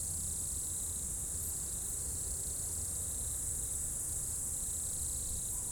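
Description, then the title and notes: Insect chorus: a steady, unbroken high-pitched shimmering drone, with a continuous low rumble beneath throughout. Insects in the roadside bank and trees at dusk on the first hairpin of a mountain pass road, Bourdeau, France; DAT recorder, from a 2006 CD-R. "route col du Chat, Bourdeau, France - Tutti insectes. Dans la première épingle de la route du col du Chat à Bourdeau, insectes dans le talus et les arbres au crépuscule, avion, quelques véhicules"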